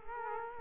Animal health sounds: mosquito wingbeat signal from an infrared sensor; Culex quinquefasciatus

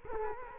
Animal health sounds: mosquito wingbeat signal from an infrared sensor; Culex quinquefasciatus

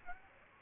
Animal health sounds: mosquito wingbeat signal from an infrared sensor; Aedes aegypti

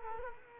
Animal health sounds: mosquito wingbeat signal from an infrared sensor; Culex quinquefasciatus

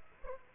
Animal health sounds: mosquito wingbeat signal from an infrared sensor; Aedes aegypti

